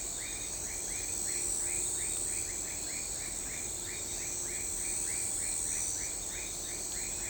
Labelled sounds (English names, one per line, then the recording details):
none
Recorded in shrubland near Pivijay, Magdalena, Colombia, on 18 April 2023 at 23:00
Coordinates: 10.453, -74.365
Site P5-G022